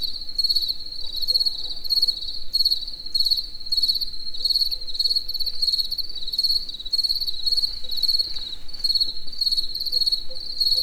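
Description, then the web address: Continuous high-pitched cricket chirping, pulses grouped into regular bursts over soft low background noise. Cricket in nature in the evening near the Eger tourist house. "allathangok termeszetben tucsok estefele egerturistahaz"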